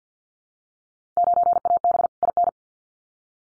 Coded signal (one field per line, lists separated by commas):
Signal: Morse code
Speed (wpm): 50 wpm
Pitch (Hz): 700 Hz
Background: none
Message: 9AB IN